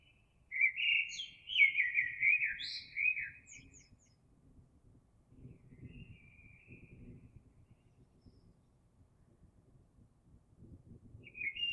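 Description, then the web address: Eurasian blackbird singing a fluty, warbled phrase ending in squeaky high twitters, then a quieter phrase and the start of another; low rumbling noise underneath. Recorded 26 April 2022. "oiseaux Merle 2022 04 26"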